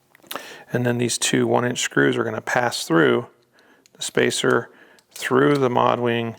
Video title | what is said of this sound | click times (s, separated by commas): How to Adjust and Swap Hardware for KSG Armory Lexington Holsters - A Full Guide | so this spacer kind of locks into place like so | 0.3 s